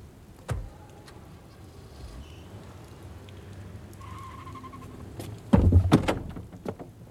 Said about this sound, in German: Das Schloss gab nach, als ich mich gegen die Tür warf, und ich stürzte zwei Stufen hinunter in einen großen, dämmerigen Raum.